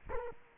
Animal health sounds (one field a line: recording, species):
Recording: mosquito wingbeat signal from an infrared sensor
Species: Culex quinquefasciatus